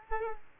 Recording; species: mosquito wingbeat signal from an infrared sensor; Culex quinquefasciatus